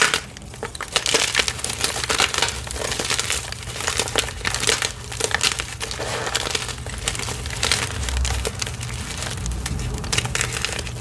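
Chalk is crushed and crumbled into water, a continuous dense crinkling and gritty crackle with frequent sharp bursts throughout. A low steady hum sits underneath.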